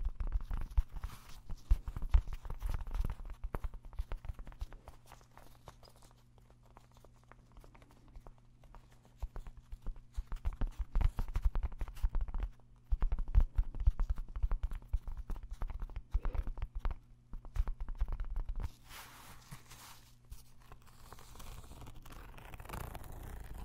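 Dry tapping, with quick clusters of soft clicks and scratchy rustles that come in bursts and pause. A steady low hum runs underneath throughout, and near the nineteen-second mark a brighter hiss of scraping fills the last few seconds.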